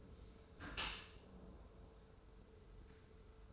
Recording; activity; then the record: daily activity, microphone in the room; close dishwasher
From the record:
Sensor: 2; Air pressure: 1014.8 hPa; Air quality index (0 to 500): 25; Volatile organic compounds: 0 ppm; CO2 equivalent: 502 ppm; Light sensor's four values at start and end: 10/22/9/9 and 10/22/9/9